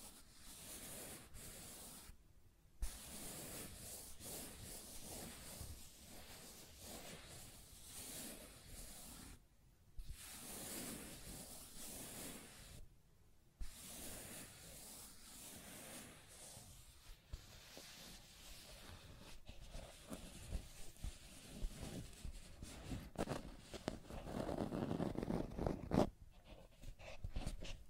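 Scratching and tracing sounds, a dense rough rubbing like sanding that runs almost continuously with short strokes. Brief silent gaps break it near 2, 10 and 13 seconds, and again near 26. The strokes grow louder and heavier toward the end.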